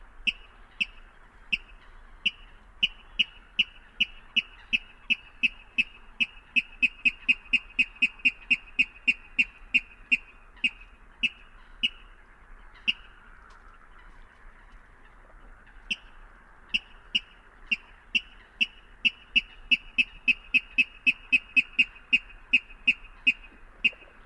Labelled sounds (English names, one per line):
Water Rail